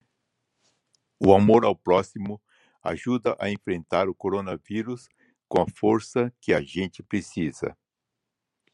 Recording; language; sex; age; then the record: spoken sentence; Brazilian Portuguese; male; 60 to 69 years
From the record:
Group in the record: control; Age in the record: 68 years